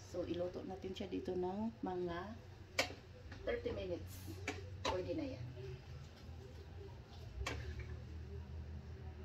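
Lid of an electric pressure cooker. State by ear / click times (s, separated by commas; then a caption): seated / 7.5 s. Someone talks while the lid of an electric pressure cooker is closed and twisted into place. A sharp click at 7.5 seconds stands out, and the lid is then locked. An earlier sharp tap comes at about 2.8 seconds.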